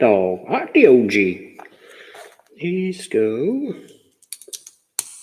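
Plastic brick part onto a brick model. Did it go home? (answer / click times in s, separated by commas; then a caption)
yes / 5.0 s. Plastic specialty brick pieces are pressed onto their spot on a mini-walker brick model while someone talks. A few small clicks follow, then a sharp snap at 5.0 s as the part seats into place.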